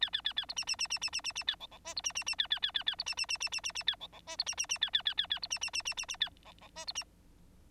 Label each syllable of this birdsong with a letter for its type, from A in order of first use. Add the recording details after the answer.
A A A A B C C C C C C C C A D D E B C C C A A A A A B C C C C C C C A D D E B C C C A A A A A B C C C C C C A D D E B C. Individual Bird9